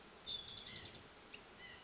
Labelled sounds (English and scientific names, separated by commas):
White-breasted Nuthatch (Sitta carolinensis)